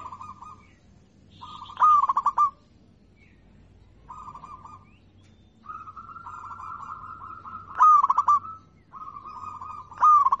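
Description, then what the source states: Zebra dove song: short bursts of clipped, stuttering coos near one pitch, recurring every few seconds between softer sustained cooing notes, over a low background hum. Local-type (lokal) zebra dove song (kicau).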